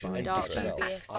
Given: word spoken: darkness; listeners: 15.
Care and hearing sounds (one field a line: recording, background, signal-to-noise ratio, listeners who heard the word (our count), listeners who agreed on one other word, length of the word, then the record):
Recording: one English word in noise, from a listening test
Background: four-talker babble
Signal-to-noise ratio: -2.3 dB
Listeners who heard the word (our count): 3 of 15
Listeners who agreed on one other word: 7 of 15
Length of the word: 0.79 s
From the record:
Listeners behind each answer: 7, 3, 2, 1, 1, 1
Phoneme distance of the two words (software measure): 21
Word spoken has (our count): 2 syllables, 6 phonemes, stress on syllable 1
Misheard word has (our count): 1 syllable, 3 phonemes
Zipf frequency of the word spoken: 4.14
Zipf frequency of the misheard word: 4.94